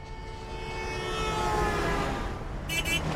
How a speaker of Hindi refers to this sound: इतनी ट्रैफिक तो मैंने आज तक कभी नहीं देखी।